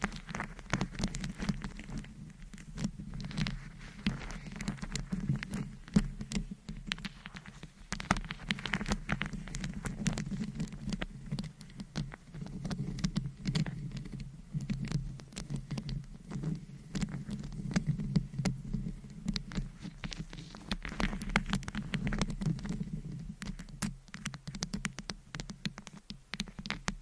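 Scratching on a microphone fills the whole clip, a dense, busy patter of rough scraping strokes with many sharp clicks and taps scattered throughout. A steady low rumble runs underneath, swelling and easing in waves without ever stopping.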